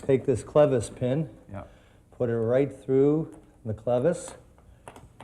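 A clevis pin is pushed through the steel clevis on the end of a stainless steel cable-railing assembly while people talk. A short, sharp click at 4.9 s marks the pin snapping into place, seated in the clevis.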